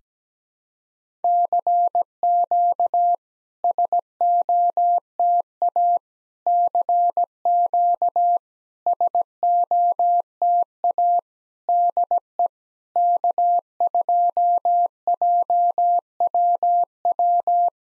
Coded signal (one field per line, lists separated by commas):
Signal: Morse code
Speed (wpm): 17 wpm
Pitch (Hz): 700 Hz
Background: none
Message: CQ SOTA CQ SOTA DE K2JWW